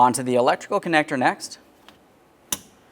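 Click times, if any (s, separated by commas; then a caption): 2.5 s. Someone talks, then a wiring harness electrical connector is pushed onto the rear power window regulator motor of a 2015-2019 Subaru Outback. After a faint tick at 1.9 s, a sharp click sounds at 2.5 s as the connector seats, and a tug confirms it is secure.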